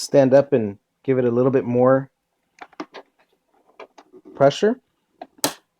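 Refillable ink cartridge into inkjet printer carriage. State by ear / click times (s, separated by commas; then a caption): seated / 5.4 s. Someone talks while pressing harder, standing up, on the first refillable plastic ink cartridge of a continuous ink supply kit to push it into an inkjet printer carriage. A few faint plastic clicks and rattles come between about 2.6 and 4.0 s, then a sharp, loud click at 5.4 s as the cartridge snaps home and seats.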